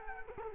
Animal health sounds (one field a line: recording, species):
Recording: mosquito wingbeat signal from an infrared sensor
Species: Culex quinquefasciatus